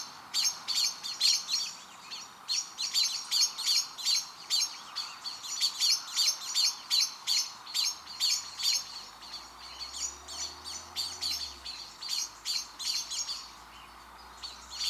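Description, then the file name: Eurasian blackbird repeating crisp, metallic clicking calls about two and a half per second throughout, while a low rumble rises and fades in the background midway. "Turdus merula"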